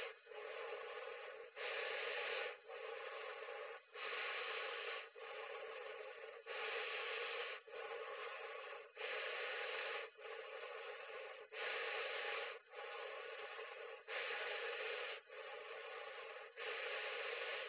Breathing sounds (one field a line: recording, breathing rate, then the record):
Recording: paced breathing near a phone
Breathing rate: 24 breaths a minute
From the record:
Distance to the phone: 20 cm